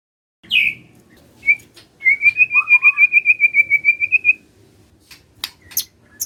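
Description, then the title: White-rumped shama song: short sharp high notes, then a long trilled whistle pulsing rapidly for over two seconds, with faint low background rumble. Lure to prompt lazy white-rumped shamas to sing. "PANCINGAN MURAI BATU. SIULAN MURAI BATU❗ PANCINGAN MURAI MALAS AGAR BUNYI❗❗"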